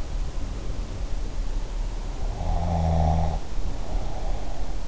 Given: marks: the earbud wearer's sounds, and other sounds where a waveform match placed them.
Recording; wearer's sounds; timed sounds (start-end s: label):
sounds in sleep by an in-ear microphone; snoring breath
2.28-4.62 s: snoring breath